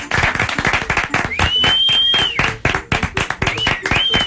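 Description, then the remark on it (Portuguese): A crowd claps in dense, rapid applause for Cristina Mortágua throughout, joined by whistles: one long high whistle held for about a second and another near the end. “Mas pelo que é o filho do Edmundo, uma salva de aplausos pelo passado.”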